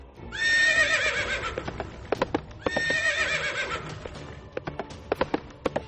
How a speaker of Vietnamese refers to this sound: Cha con Thiên Nhân, Thiên Ưng cùng với đám lính hầu phi ngựa nhanh như tên lao theo, truy đuổi hai thầy trò.